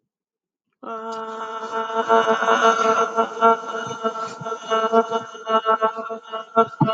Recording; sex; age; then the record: vowel held as long as possible; female; 40 to 49 years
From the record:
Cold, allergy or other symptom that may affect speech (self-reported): no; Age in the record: 41 years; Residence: Arizona, United States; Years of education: 16